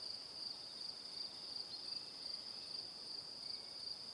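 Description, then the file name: Cricket chirping, a shrill trill pulsing steadily and unchanging. Evening. "Calm - Evening Crickets"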